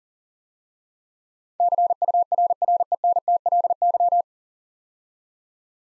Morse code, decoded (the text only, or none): CURRENTLY